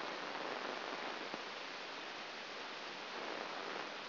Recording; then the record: brain microelectrode recording played as sound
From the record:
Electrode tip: outside the subthalamic nucleus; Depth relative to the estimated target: -5 mm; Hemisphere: left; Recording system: AlphaMap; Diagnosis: Parkinson's disease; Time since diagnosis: 9 years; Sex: female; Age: 40 years